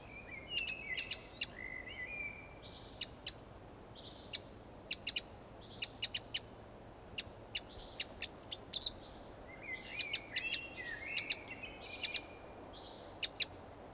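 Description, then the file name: Eurasian wren calls: hard, clicking ticks repeated in irregular short bursts throughout, with thin, high whistled notes between them. "Troglodytes troglodytes"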